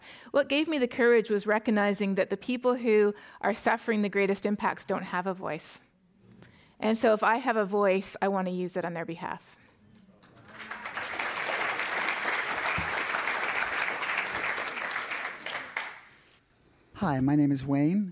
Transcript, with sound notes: What gave me the courage was recognizing that the people who are suffering the greatest impacts don’t have a voice. And so if I have a voice I wanna use it on their behalf.
[Applause]
Hi, my name is Wayne.